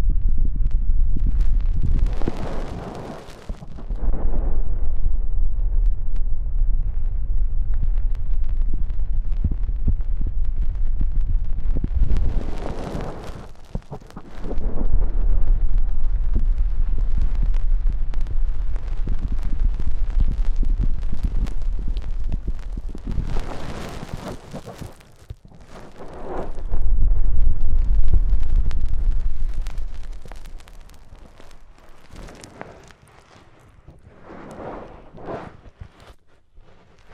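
Deep ear cleaning: heavy, muffled rumbling and scraping rise and fall in long swells, loudest around 0–4, 12–15 and 23–30 seconds. Brief bright crackles and hiss burst over the low roar, which fades to quieter rustling near the end.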